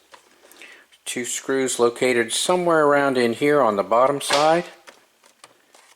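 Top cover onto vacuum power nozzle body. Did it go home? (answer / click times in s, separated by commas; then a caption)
yes / 5.4 s. Someone talks while the plastic top cover of a Rainbow vacuum power nozzle is set in place on the nozzle body, before its two screws go in. A few faint taps come early in the clip. At 5.4 s the cover clicks onto its latch at the front and is seated.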